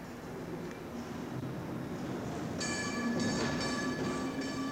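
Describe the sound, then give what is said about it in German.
A tram approaches along its rails, rumbling steadily, and a bright, sustained metallic squeal of wheels joins in over the last half, growing slightly louder with no voices. “Da kommt sie! Was denn? Da ist sie!”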